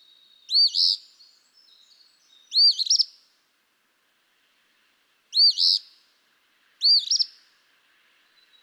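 Eastern phoebe song, four scratchy rising-then-buzzy phrases with gaps, and faint chips trailing between them.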